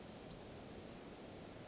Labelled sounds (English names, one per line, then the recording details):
Western Flycatcher
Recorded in Sonoma County, California